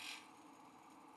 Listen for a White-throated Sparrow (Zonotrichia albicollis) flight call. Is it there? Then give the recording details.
no. No flight call is heard. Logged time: 03:03 on 5 December 2014